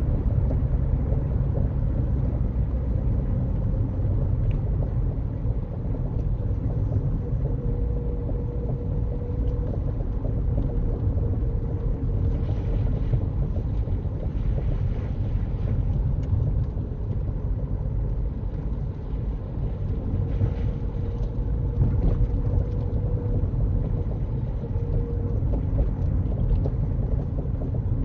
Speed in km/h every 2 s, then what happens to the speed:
47, 42, 42, 40, 39, 37, 34, 35, 37, 40, 40, 40, 39, 35.
0-12 slows to 34. 12-28 steady at about 37.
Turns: none.